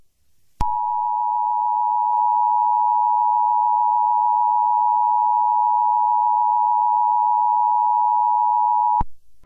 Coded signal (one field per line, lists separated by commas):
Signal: Emergency Alert System (SAME) tones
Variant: 853 and 960 Hz attention tone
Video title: eas scenario catemojibabyheat part 17